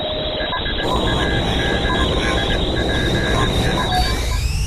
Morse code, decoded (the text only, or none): HAMSPH